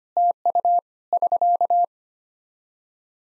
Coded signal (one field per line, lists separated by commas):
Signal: Morse code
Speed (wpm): 25 wpm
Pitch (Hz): 700 Hz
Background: none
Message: TU <SK>